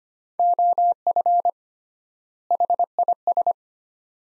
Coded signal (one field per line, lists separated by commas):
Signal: Morse code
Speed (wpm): 25 wpm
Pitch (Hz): 700 Hz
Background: none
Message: OF HIS